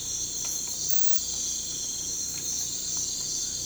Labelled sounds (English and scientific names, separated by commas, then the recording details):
none
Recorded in pastures near Puerto Asís, Putumayo, Colombia, on 18 December 2024 at 04:00
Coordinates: 0.466, -76.322
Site G040